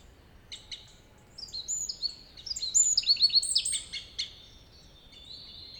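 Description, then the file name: Eurasian wren song, a burst of sharp high notes building into a fast rattling trill, then ending with a few separate chips. "Troglodytes troglodytes"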